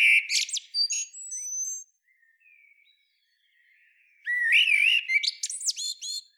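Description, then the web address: Common blackbird song: the end of one phrase with high squeaky notes, a short pause, then a new phrase of rich fluting and twittered flourishes. "SETE data Turdus merula"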